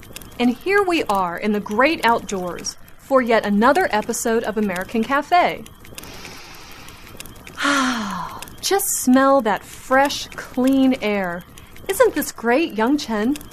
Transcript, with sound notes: And here we are in the great outdoors for yet another episode of American Cafe. (Deep inhale) Ah! Just smell that fresh clean air! Isn't this great, Yang Chen!!